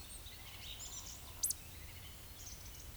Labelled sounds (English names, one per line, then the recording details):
Eurasian Woodcock whistle
Eurasian Woodcock croak
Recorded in Baden-Württemberg, Germany, on 10 May 2021 at 19:19 UTC
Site 24606, 635 m above sea level